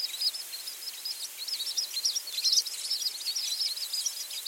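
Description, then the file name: American tree sparrow calls, busy high twittering with quick chirps and short descending tseet notes overlapping almost without pause. "Spizella arborea - American Tree Sparrow"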